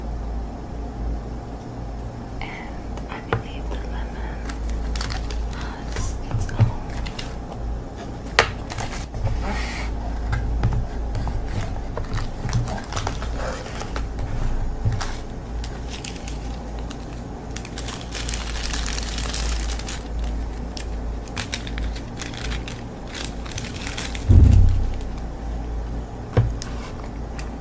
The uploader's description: It was so much fun to play with the slime.